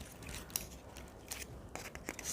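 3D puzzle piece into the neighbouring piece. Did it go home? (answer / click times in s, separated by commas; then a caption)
no / none. A second attempt is made to push a 3D puzzle piece home into the neighbouring piece, giving short sharp ticks and crackles at about 0.6, 1.3, 1.8, 2.0, 2.1 and 2.2 seconds. Nothing has seated or clicked yet; the piece is still not properly engaged, and fitting it is difficult.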